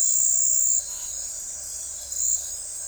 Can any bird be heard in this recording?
no